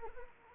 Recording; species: mosquito wingbeat signal from an infrared sensor; Anopheles arabiensis